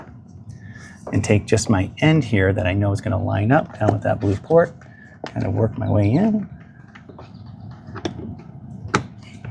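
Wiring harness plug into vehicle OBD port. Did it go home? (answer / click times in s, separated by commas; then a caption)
yes / 8.9 s. Someone talks while working the plastic wiring-harness connector of a Tesla Model 3/Y ambient light strip kit with built-in blind spot detection into the car's blue OBD port, followed by soft handling rustles and small ticks. A sharp click at 9.0 s marks the connector latching, and it is seated.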